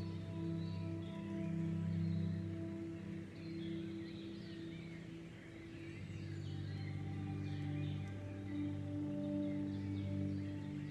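Chimes ring out as long, steady tones that hum low beneath the scene, their pitches shifting slightly around the middle. Faint bird chirps flicker higher up throughout, over a soft wash of wind, and the level stays fairly even, dipping briefly near five seconds.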